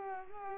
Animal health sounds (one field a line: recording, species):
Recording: mosquito wingbeat signal from an infrared sensor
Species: Culex pipiens